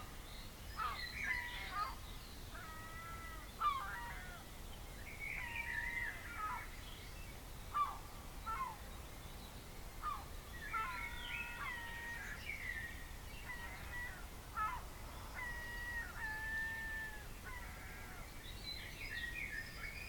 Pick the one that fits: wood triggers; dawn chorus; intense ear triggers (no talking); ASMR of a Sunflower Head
dawn chorus